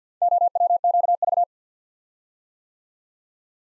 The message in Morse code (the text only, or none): OWQV